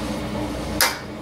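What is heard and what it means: A torque wrench tightening a piston jet bolt in a motorcycle engine crankcase clicks again at its setting at 0.8 s: a sharp, bright snap over a low steady hum. The click confirms the bolt is at the correct torque.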